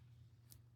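The metal deployant clasp on the bracelet of a Movado Classic Museum Piece watch is pressed closed onto its catch. A sharp, short click sounds at 0.5 s over a steady low hum, and the clasp snaps shut and is seated.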